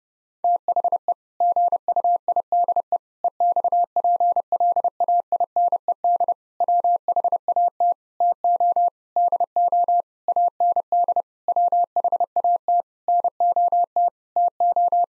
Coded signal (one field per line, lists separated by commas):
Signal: Morse code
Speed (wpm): 32 wpm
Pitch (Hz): 700 Hz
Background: none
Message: THE GUIDE EXPLAINED WHAT TO DO AND WHAT NOT TO